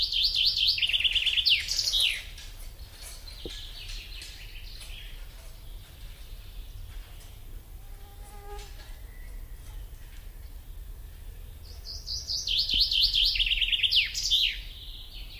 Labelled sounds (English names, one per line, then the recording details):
Common Chaffinch song
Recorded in the wild
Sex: male
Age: adult
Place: Mühlenbeck, Brandenburg, DE
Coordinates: 52.7, 13.4214
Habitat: forest
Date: 1996-06-22 17:34
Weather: cloudy, 16°C
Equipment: Sony MD-WM MZ-R3, Sennheiser MKH 416 T, Kopie Uher 4000 Report Monitor
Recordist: Tembrock, Günter
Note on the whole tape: Im Mühlenbecker Wald: Gesang